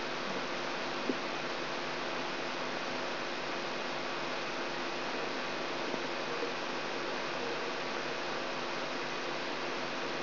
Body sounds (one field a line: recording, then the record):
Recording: brain microelectrode recording played as sound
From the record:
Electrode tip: outside the subthalamic nucleus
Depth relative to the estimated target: 4 mm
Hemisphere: right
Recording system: AlphaMap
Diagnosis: Parkinson's disease